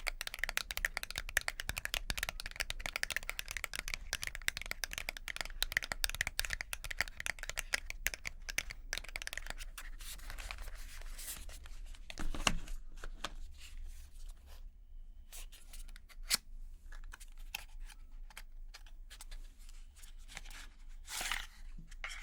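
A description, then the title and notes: Makeup being applied, with dense crackly brushing and tapping for ten seconds, then sparser clicks, scattered louder rustles, and a steady low hum. Doing Your Makeup ASMR No Talking.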